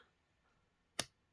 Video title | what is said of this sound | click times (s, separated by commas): GENIUS (WING SUNG) Calligraphy Metalic Fountain Pen Review | push this till i we hear that click sound let's see | 1.0 s